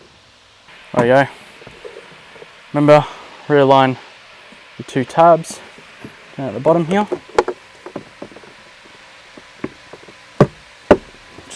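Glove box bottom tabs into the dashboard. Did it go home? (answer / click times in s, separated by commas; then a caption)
yes / 10.4 s, 10.9 s. While reinstalling the glove box on a 2007–2014 Toyota Corolla ZRE hatch after replacing the fan speed resistor, someone talks while realigning the glove box's two plastic bottom tabs and pushing them into the dashboard. A few faint taps and rustles follow, then two loud, sharp clicks at 10.4 s and 10.9 s as both tabs seat.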